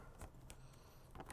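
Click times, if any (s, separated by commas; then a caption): none. A plastic cheek pad clip, the first of three, is being handled against the left side of a helmet shell, with the chin strap through the cheek pad. Soft handling taps and rustles are heard, with brief sharp ticks around 0.2, 0.5 and 1.2 to 1.4 seconds. Nothing has seated or clicked yet.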